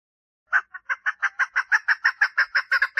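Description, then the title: Partridge calls: after a pause, a lively series of harsh, repeated notes. "Perdiz Cantando"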